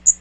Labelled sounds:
Magnolia Warbler flight call

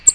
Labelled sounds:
American Redstart flight call

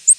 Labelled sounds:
Ovenbird flight call

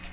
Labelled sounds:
Nashville Warbler flight call

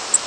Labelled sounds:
Blackburnian Warbler flight call

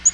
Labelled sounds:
Black-throated Green Warbler flight call

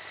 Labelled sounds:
American Redstart flight call

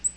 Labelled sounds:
Black-throated Green Warbler flight call

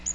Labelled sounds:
Magnolia Warbler flight call

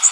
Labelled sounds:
Magnolia Warbler flight call

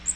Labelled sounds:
Magnolia Warbler flight call

